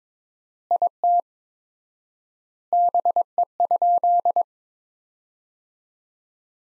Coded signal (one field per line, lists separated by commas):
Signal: Morse code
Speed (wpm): 22 wpm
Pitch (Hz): 700 Hz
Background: none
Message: IT BE?